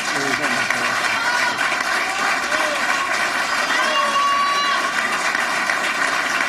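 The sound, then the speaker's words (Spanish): Steady applause from those present, including Trump, for Mexican President Enrique Peña Nieto on his last day in office. A dense, even patter of clapping fills the whole stretch at a fairly loud level, with faint murmuring voices blended into the noise. “Y el aplauso, por quien hizo sintonía, es de los presentes al presidente Peña Nieto.”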